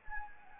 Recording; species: mosquito wingbeat signal from an infrared sensor; Anopheles gambiae